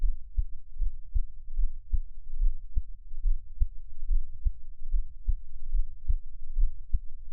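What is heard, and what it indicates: Soft, low thumps at about 71 a minute, an adult's own heartbeat heard up close as Taiwanese ASMR, with no talking.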